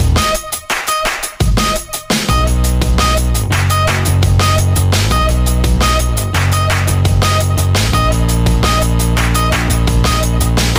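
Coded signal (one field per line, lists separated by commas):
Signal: none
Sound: music beats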